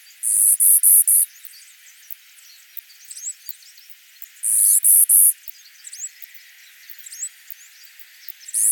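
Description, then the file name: Clay-colored sparrow giving sets of three to four flat, high buzzes in quick succession, repeated after a pause, with faint chirping behind. "Spizella pallida - Clay-colored Sparrow"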